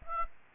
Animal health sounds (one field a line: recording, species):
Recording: mosquito wingbeat signal from an infrared sensor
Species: Aedes aegypti